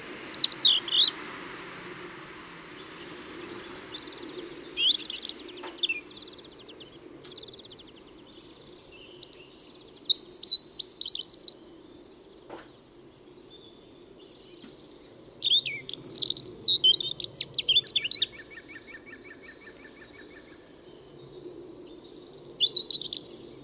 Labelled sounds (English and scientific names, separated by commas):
European Robin (Erithacus rubecula) song